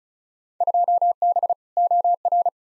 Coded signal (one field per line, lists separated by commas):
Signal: Morse code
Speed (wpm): 36 wpm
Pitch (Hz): 700 Hz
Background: none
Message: 2B OR